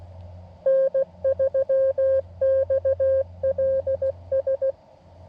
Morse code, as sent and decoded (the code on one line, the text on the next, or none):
-. ...-- -..- .-.. ...
N3XLS